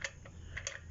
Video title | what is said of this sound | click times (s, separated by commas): Summary/Overview of Tire Rotation on 2020 Hyundai Kona, Not a Step-by-Step Tutorial | it kind of clicks into place let's see here there we go you heard it sink down in there | 0.7 s